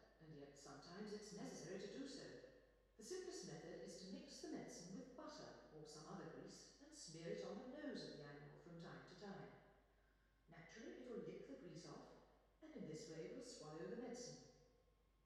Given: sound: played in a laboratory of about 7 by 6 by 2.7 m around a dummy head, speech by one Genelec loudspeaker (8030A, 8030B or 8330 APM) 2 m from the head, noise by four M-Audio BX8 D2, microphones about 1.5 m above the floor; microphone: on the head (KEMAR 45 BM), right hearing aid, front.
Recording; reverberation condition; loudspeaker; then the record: female speech in English; high; 60 degrees to the left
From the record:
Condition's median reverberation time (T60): about 1300 ms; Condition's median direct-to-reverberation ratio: about -4.0 dB